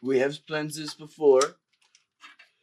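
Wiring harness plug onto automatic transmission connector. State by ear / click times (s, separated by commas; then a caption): seated / 1.9 s, 2.4 s. Someone talks while a wiring harness plug is pushed onto its connector on a rebuilt 4L60E automatic transmission during installation. After the talking stops, faint snaps are heard at about 2.0 s and 2.4 s as the plug latches. The plug seats, snapping right in.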